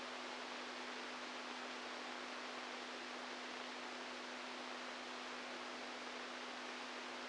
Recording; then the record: brain microelectrode recording played as sound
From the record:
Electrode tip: inside the subthalamic nucleus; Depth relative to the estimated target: -2 mm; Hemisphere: right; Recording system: NeuroSet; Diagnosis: Parkinson's disease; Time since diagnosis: 10 years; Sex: male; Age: 65 years